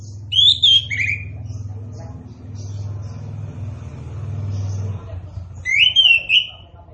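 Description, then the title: Orange-headed thrush song: two bright, slurred whistled phrases about five seconds apart over a steady low engine rumble. Singing described as gacor and ngeplong; also called punglor kembang. "Anis Kembang Gacor. Anis Kembang Punglor Kembang Ngeplong"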